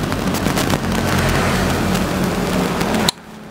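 A pistol is pushed into a polymer holster close to the mic, over steady broadband noise with a couple of faint ticks near the start. The holster's automatic retention lock snaps shut with a sharp click at 3.1 s, and the pistol is seated and locked automatically, after which the sound drops to near quiet.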